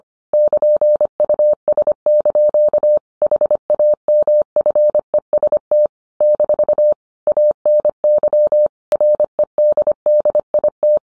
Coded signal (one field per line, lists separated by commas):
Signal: Morse code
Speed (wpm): 25 wpm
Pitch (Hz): 600 Hz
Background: none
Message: <KN>US) HAMFEST - ANY REDDIT